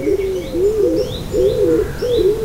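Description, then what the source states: Stock dove call: low hollow cooing notes, each rising and falling, in a run of several, with faint higher bird notes in the background. Owl-like call of a dove; heard in small woods after seeing a pair of grey-blue doves; migrant leaving in November, possibly returning in February.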